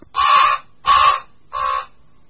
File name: Krkavec-velký